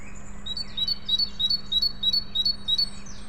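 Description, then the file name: Great tit repeating about eight crisp two-note phrases in a regular rhythm, against a low background hum. "Parus major"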